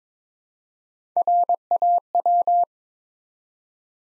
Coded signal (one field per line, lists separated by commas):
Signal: Morse code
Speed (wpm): 23 wpm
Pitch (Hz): 700 Hz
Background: none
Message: RAW